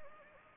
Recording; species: mosquito wingbeat signal from an infrared sensor; Anopheles gambiae